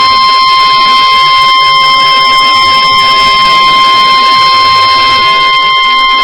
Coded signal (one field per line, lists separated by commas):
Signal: Emergency Alert System (SAME) tones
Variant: 1050 Hz attention tone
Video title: Severe Thunderstorm Warning EAS 2402